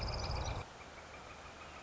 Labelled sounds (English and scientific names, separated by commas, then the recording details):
Northern Flicker (Colaptes auratus)
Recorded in Sonoma County, California